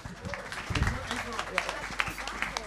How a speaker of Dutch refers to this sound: Graag een hartelijk applaus.